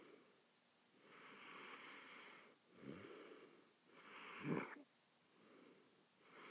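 Noisy sleep breathing with rough, low snorting bursts on some breaths, typical of snoring in an adult who is asleep.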